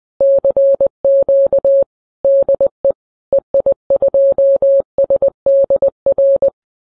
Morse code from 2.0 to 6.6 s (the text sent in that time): DE EI2SDR